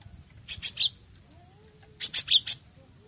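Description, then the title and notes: Cinereous tit song: two short bursts of three or four sharp, high notes about one and a half seconds apart, with a faint sliding whistle between them. Masteran song, made to train cage birds. "Masteran Gelatik Batu. burung gelatik"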